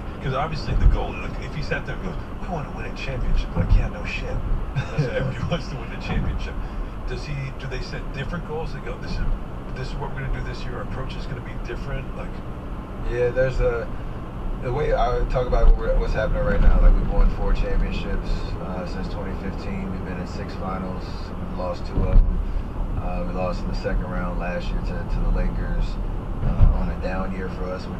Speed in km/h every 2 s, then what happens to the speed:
69, 71, 66, 63, 63, 61, 61, 61, 61, 56, 55, 53, 53, 53.
2-5 slows to 63. 5-17 steady at about 61. 17-21 slows to 53. 21-28 steady at about 53.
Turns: none.